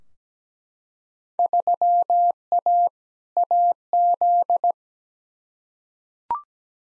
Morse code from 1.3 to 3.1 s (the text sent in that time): 3A